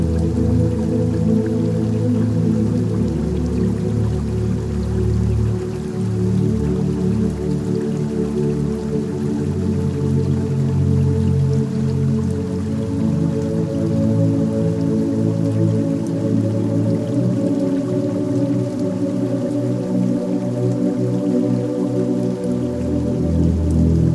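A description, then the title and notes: Soft, steady music of low sustained tones hums throughout, with a faint patter of rain drops scattered lightly above it. Relaxing music and soft rain.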